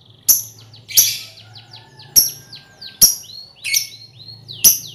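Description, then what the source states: Lovebird chirps: sharp piercing notes about every second, interleaved with quick falling whistled slurs. Lovebird ngekek song style, used as a lure song (kicau pancingan).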